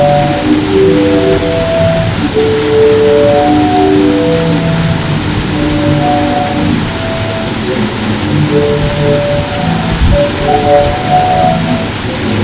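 An Icelandic waterfall pours in a steady, dense roar that holds one level throughout. Low, humming tones drift in and out beneath the rush, shifting pitch every second or two, and a brief low thud lands near the ten-second mark.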